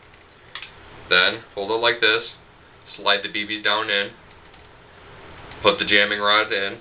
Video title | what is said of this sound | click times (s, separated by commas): ~Double Eagle M82/SG552 Airsoft Gun AEG Review~ | and hear it snap a little bit. | 0.5 s